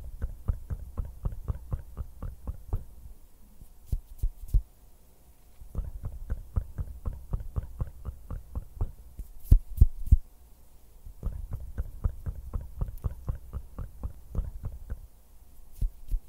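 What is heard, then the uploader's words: Fingers flutter in quick, even runs of soft, low thumps, coming in three bursts of about three to four seconds each with short pauses between. A few sharper, brighter clicks stand out, notably near four and ten seconds, over a faint steady hum. Hand sounds, finger fluttering, mouth sounds.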